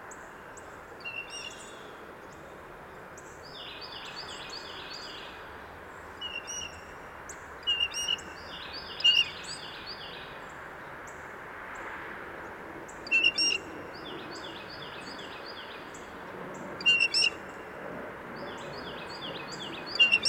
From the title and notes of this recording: Recorded about 9AM Sunday January 10, 2016 with Fostex FR-2, Sennheiser ME 62, Telinga parabola. Agitated Blue Jays mobbing hawk. Blue Jays (you can hear at least two) were mobbing an immature Red-shouldered Hawk... scolding, hissing, etc.